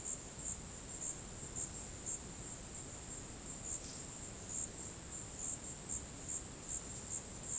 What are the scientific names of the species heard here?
none